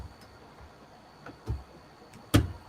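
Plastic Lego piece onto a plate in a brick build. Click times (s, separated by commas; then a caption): 2.3 s. A plastic Lego piece is pressed onto a plate in a brick build from Lego set 910045 Siege Encampment, after a plate that had been missed underneath was added. A few faint taps and a soft thud are followed by a sharp, bright snap at 2.4 seconds as the piece seats firmly into place.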